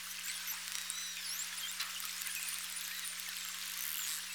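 Whale whistles and clicks: thin, high whistles sweeping up and down, several overlapping, with scattered faint clicks over a steady low hum and constant hiss.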